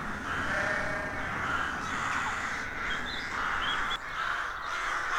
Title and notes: Sound Escape 113: Enjoy the stirring cacophony of a rook colony. County Armagh. BBC Countryfile Magazine's Sound Escapes